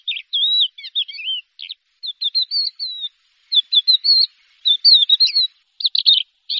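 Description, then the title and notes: Bird song of high chattering and whistled warbles in short phrases with gaps, quite varied in pitch and shape. "Bird Sound. Kicau Burung Lengkap"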